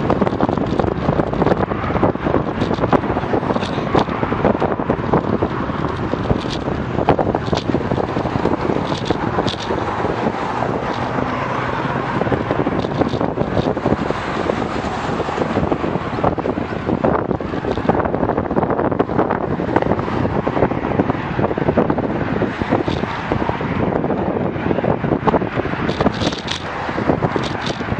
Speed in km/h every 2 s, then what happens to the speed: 32, 31, 30, 28, 27, 26, 24, 23, 21, 19, 18, 16, 15, 15.
0-28 slows to 15.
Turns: none.